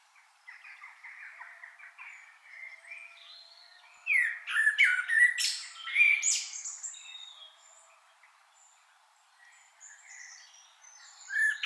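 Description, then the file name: Common blackbird song: soft warbling leads into a loud stretch of squeaky, chattering twitters, then softer notes, with a loud note at the very end. "Turdus merula"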